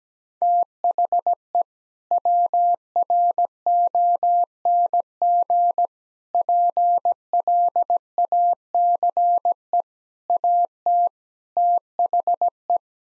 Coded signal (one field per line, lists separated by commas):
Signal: Morse code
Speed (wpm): 17 wpm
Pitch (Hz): 700 Hz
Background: none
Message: THE WRONG PLACE AT THE